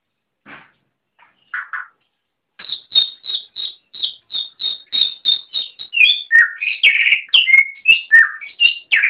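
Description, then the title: Oriental magpie-robin song: a few scattered notes, then a run of repeated short high notes, breaking into varied whistled and scratchy phrases. "Kicau Kacer"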